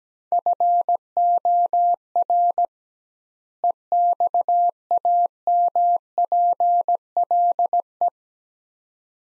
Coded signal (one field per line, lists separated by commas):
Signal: Morse code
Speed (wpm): 17 wpm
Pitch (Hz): 700 Hz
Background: none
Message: FOR EXAMPLE